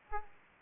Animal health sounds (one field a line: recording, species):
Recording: mosquito wingbeat signal from an infrared sensor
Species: Aedes aegypti